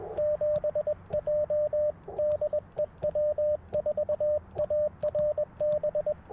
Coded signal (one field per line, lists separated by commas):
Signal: Morse code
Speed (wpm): 22 wpm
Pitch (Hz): 600 Hz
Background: radio noise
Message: 7J DE W4ARB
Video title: Morning Morse Code - 1/10/24